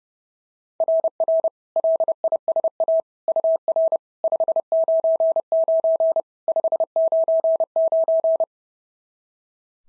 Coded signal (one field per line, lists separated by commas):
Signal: Morse code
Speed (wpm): 26 wpm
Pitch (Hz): 650 Hz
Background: none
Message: RR LISA UR 599 599